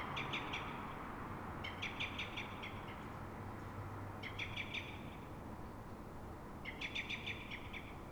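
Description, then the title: Common blackbird giving agitated alarm calls: four rapid volleys of hard chattering notes, with low background noise underneath. Single blackbird at dawn, Fuenlabrada, Madrid, Spain; recorded twenty minutes after its ordinary calls; frightened or threatened, probably by a second blackbird heard distantly near the start; Zoom H1n recorder. "Pl. de Francisco Escolar, 10, 28944 Fuenlabrada, Madrid, España - Mirlo asustado"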